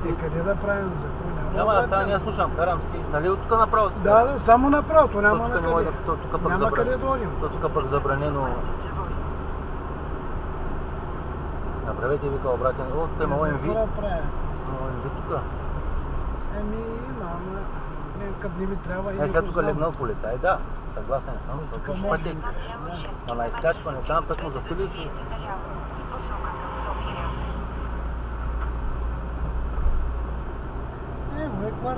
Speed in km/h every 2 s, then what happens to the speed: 46, 49, 46, 46, 45, 45, 45, 44, 40, 30, 20, 19, 21, 23, 24, 27.
0-15 steady at about 45. 15-21 brakes to 19. 21-32 speeds up to 27.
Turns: none.